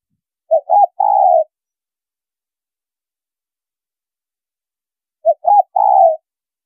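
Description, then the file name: Spotted dove giving two phrases about five seconds apart, each two short coos and a longer throaty coo, with no other sounds. Female bird. "Tieng cu gay mai"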